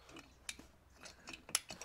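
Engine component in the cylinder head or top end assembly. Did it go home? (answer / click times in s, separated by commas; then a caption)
no / none. A metal part of the cylinder head or top end assembly of a Citroen 2CV engine is handled during a top end rebuild, being refitted on a second attempt after the first one failed. Light scraping and sharp ticks are heard, the loudest at about 0.5 s and 1.5 s. Nothing has seated or clicked yet.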